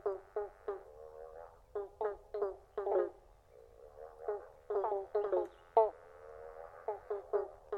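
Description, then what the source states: Pobblebonk frogs calling together, a run of resonant bonks at irregular intervals. Chorus.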